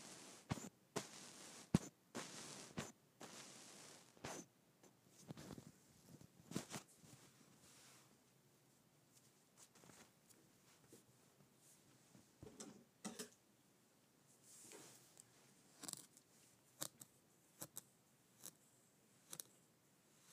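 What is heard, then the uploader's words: Kinetic sand being cut, with soft crunchy scrapes and sharp clicks arriving in irregular clusters. The first few seconds are busiest with dense, hissy swipes; after that the sounds thin out into sparser taps and short rustles, with brief quiet gaps between them. ASMR Cutting up Kinetic Sand.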